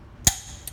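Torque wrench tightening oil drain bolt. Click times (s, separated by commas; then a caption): 0.3 s. A click-type torque wrench set to 20 ft-lb is pulled on an oil drain plug bolt until it gives a sharp click at 0.3 s, signaling the torque has been reached. A fainter tick follows at 0.7 s, and no one talks during the clip.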